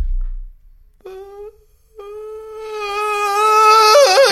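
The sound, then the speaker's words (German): A voice imitates whale song as imagined, a whale swimming past very fast: a short, steady hooted tone, then a long sustained one that swells louder and ends in a wavering warble. “Hast du eine Vorstellung davon, wie Walgesänge klingen? Nee, aber ich mach's mal kurz nach, wie ich mir vorstelle.”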